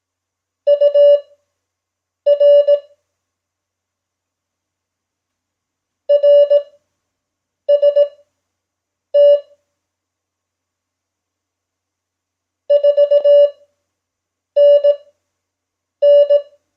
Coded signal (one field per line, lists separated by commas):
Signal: Morse code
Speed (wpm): 18 wpm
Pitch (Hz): 580 Hz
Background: none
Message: UR RST 4NN